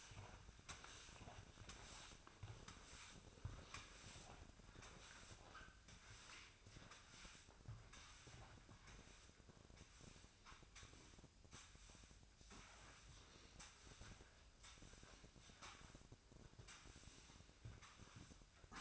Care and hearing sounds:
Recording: daily activity, microphone in the room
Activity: sweep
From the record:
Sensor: 2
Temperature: 24.5 degrees Celsius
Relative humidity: 39.5%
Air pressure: 1003.0 hPa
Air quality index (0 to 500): 199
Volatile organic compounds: 6 ppm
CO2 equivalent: 1891 ppm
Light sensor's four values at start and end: 11/26/11/12 and 10/25/10/11

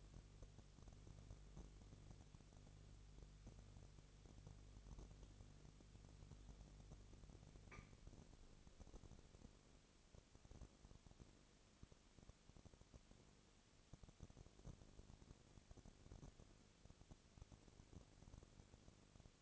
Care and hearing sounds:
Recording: daily activity, microphone in the room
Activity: no activity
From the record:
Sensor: 4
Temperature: 22.3 degrees Celsius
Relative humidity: 32.8%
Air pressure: 1002.0 hPa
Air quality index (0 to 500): 185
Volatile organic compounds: 4 ppm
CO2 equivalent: 1636 ppm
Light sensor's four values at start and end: 2/3/1/1 and 2/3/1/1

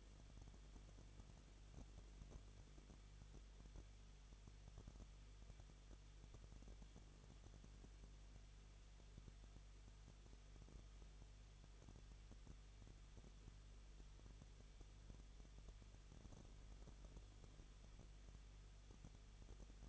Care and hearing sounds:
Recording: daily activity, microphone in the room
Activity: no activity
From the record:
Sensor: 4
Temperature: 23.0 degrees Celsius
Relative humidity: 34.4%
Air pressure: 1007.3 hPa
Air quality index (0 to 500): 214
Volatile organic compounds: 14 ppm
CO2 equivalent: 2458 ppm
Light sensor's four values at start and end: 2/3/1/1 and 2/3/1/1

